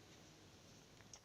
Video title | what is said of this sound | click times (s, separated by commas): Présentation de l'actioncam HD EGO 727 de Liquid Image | ça se clipse tout simplement voilà | 1.0 s, 1.1 s